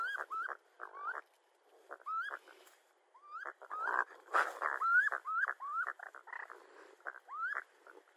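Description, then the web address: Raccoon calls, a quick irregular series of upward-sweeping chirps, some with scratchy noisy bursts between them. Recorded 22 June 2012. "Raccoon 2012 06 22"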